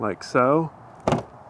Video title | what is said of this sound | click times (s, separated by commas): How Do I Mount A TV To My RV? - RV Quick Tips - Ep. 6 | and it locks into place | 1.1 s